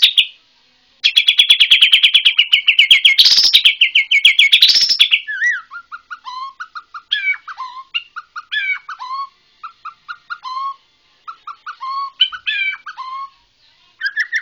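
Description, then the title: White-rumped shama giving a long rapid rattling phrase of repeated notes, followed by a string of varied short whistles and chips with brief gaps. White-rumped shama from Borneo. "MURAI BORNEO MAS KIKI"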